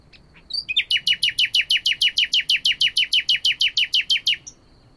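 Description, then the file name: Common nightingale song: a few soft introductory chirps, then a rapid, even series of many loud, sharp repeated notes lasting a few seconds. "Luscinia megarhynchos"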